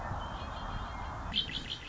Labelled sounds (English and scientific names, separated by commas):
Red-winged Blackbird (Agelaius phoeniceus)